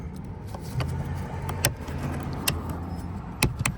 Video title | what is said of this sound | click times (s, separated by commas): 2011-15 Chevy Cruze Front Driver Window Regulator Replacement | Should snap right in. Okay. And there we go. | 3.4 s